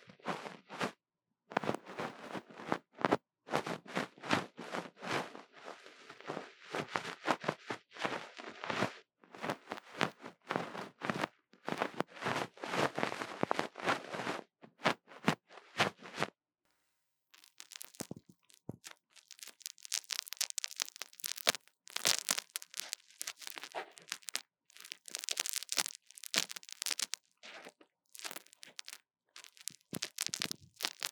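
Tapping and scratching on a mini mic, made of dense, irregular bursts of crackly scraping with brief gaps between them. A short pause comes around sixteen seconds. After it the sounds turn brighter and sharper, with quick scratchy strokes until the end.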